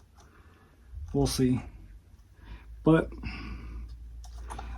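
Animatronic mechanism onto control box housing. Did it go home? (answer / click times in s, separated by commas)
yes / 4.2 s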